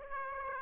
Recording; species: mosquito wingbeat signal from an infrared sensor; Aedes aegypti